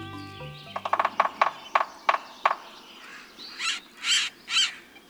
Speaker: you hear this drilling and cat-like squeal, look for a delicate woodpecker, a sapsucker.